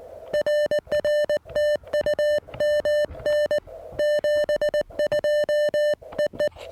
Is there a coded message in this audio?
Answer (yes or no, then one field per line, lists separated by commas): yes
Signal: Morse code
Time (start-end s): 0.3-6.5 s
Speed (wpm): 19 wpm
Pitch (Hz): 1800 Hz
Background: music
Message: RR TU MN 72 EE